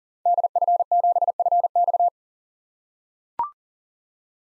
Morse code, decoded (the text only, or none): DF7FX